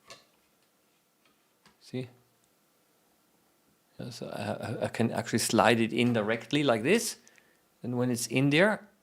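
A cabled accessory is handled as it is slid straight into its slot on a microscope mount. A few faint ticks are heard, and someone talks. Nothing has seated or clicked yet.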